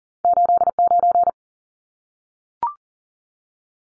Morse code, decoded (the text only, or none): 89